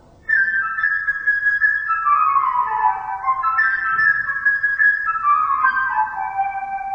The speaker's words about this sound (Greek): Στην ιστορία κάθε χαρακτήρας ερμηνεύεται και από ένα διαφορετικό όργανο. Το φλάουτο κάνει το πουλί.